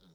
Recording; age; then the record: pig call; piglet (1 to 25 days)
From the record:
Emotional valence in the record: positive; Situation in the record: short reunion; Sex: female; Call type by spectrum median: low-frequency call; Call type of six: low-frequency tonal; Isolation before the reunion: 3 minutes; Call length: 0.15 s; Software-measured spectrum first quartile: 199 Hz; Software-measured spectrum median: 707 Hz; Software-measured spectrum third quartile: 3664 Hz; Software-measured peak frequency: 176 Hz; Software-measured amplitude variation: 40 dB a second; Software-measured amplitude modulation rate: 16.7 a second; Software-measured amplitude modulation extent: 2.4 dB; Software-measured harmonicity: 6.4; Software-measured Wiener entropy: -3.02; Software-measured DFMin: 1595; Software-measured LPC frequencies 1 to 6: 1376, 3754, 5416, 6868, 8152, 10420 Hz